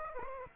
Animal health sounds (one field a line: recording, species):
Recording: mosquito wingbeat signal from an infrared sensor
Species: Aedes aegypti